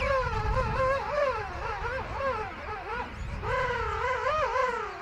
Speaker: And on the curving strand, a hundred thousand king penguins singing.